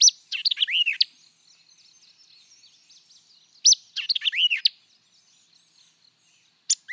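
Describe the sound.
White-eyed vireo song, quick bursts of sharp chips and slurred whistles mixed with buzzy notes, given in two phrases about three seconds apart, with faint background chatter.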